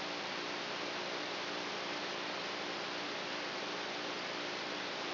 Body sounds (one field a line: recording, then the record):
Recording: brain microelectrode recording played as sound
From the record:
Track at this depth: outside the subthalamic nucleus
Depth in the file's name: 0.514 mm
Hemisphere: right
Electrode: 3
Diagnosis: Parkinson's disease